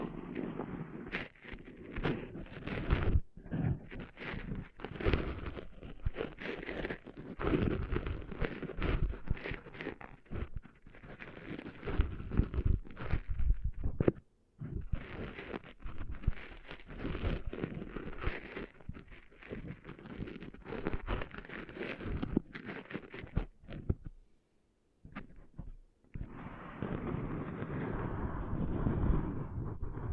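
Sand being cleaned out of ears makes a dense run of gritty scraping and rubbing, with irregular knocking bursts that sometimes sound like clip-clopping. The rubbing stops briefly around 3, 14 and 24–26 seconds, then ends in a steadier, smoother rushing scrape.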